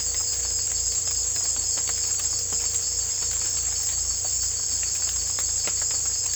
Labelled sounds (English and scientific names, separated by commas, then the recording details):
none
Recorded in secondary vegetation near Puerto Asís, Putumayo, Colombia, on 18 December 2024 at 01:00
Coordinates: 0.488, -76.319
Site GP04